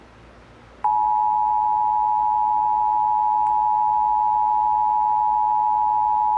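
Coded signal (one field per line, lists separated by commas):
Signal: Emergency Alert System (SAME) tones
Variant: 853 and 960 Hz attention tone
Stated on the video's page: Required Monthly Test tones on WCBS.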